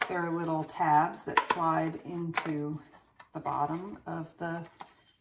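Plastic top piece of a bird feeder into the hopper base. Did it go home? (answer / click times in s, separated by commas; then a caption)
no / none. A plastic top piece of a hopper-style bird feeder is handled against the hopper base, its little tabs meant to slide into the bottom of the hopper and snap into place. Someone talks throughout, with faint handling sounds in the pauses. The clip ends before the piece goes home, and nothing has seated or clicked yet.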